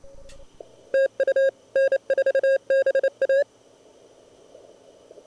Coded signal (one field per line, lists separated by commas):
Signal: Morse code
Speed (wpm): 25 wpm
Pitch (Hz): 530 Hz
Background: none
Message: TU N4BA